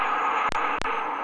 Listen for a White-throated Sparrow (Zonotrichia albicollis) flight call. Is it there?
no